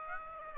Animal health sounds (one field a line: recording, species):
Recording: mosquito wingbeat signal from an infrared sensor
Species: Aedes aegypti